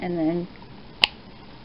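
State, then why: Seated. Someone talks briefly as the leg of a small resin ball-jointed doll, taken out of its hip joint, is pushed straight back into the socket. It snaps into place with one sharp click at 1.0 s, and the hip joint is seated again.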